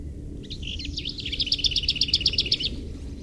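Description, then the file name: Lesser whitethroat singing a short scratchy warble that runs into a dry, rapid rattle of even, repeated high notes, over a low background rumble. "kis poszata hangja"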